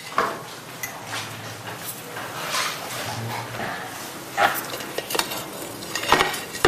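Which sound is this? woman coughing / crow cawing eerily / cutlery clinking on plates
cutlery clinking on plates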